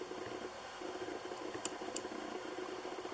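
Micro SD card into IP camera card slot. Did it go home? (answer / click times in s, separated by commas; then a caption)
yes / 1.6 s, 2.0 s. A 64 GB micro SD card is pushed into the card slot of a Sumpple dome IP camera over a quiet background hiss. Two short, sharp clicks sound at 1.6 s and 2.0 s as the card snaps in and seats in the slot.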